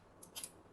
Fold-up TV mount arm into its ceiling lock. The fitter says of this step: it is locked and you push twice it could be able to open the TV to be watched okay again I'll show you